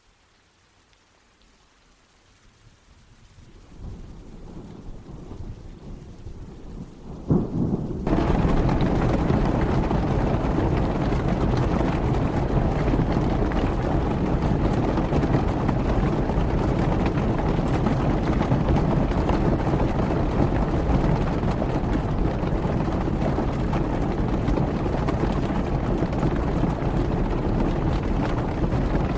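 Rain begins faintly, swells around four seconds, then from about eight seconds becomes a heavy, dense, steady downpour with a low rumble beneath.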